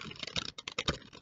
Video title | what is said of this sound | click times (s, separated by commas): Balloon Twist Candy Cup: Mini Boomer for New Year's Eve | until we hear it click and now you can see just taking out three candies | 0.7 s, 0.8 s